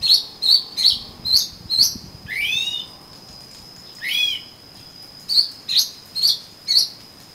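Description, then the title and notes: Oriental magpie-robin giving repeated short sharp chirps, two longer rising sweeps in the middle, and more chirps after, with a thin continuous high whine behind. "suara kacer. kumpulan suara burung kacer"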